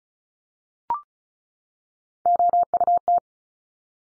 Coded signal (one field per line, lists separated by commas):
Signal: Morse code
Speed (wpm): 36 wpm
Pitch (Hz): 700 Hz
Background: none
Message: OUT